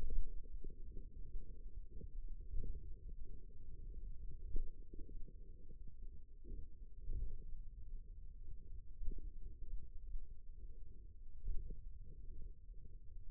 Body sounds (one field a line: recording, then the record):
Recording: forearm muscle sounds (acoustic myography)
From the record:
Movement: finger pinch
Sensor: system 2, bracelet of six BSWA MPA416 microphones around the upper forearm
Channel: 3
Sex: male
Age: 22 years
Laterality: right